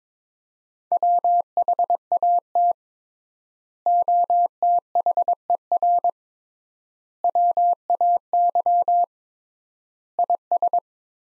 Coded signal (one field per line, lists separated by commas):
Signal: Morse code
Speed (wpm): 22 wpm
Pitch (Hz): 700 Hz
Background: none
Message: WHAT OTHER WAY IS